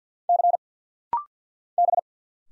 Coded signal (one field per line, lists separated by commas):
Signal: Morse code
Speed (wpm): 50 wpm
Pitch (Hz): 700 Hz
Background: none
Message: C B